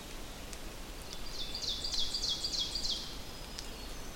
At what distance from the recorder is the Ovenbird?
about 60 m